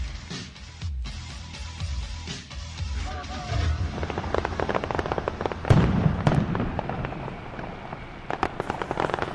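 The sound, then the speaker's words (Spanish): A fireworks display by Amazon Ruggeri at the launch event of the Formula M & M, with rapid crackling pops and sharp bursts, building into a dense, continuous barrage of bangs and fizzing crackle with a low rumble underneath. “Los fuegos del Amazon Ruggeri, los mejores fuegos artificiales del mundo, nada que ver con los chinos que hacen ahí otras está, empresas.”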